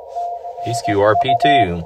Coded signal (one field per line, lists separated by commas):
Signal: Morse code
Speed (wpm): 18 wpm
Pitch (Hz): 700 Hz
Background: speech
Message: TNU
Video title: Quick QRP CW Parks on the Air with @ae4xo and KQ4GEC Shenanigans